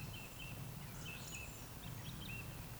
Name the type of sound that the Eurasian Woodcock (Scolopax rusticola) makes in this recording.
whistle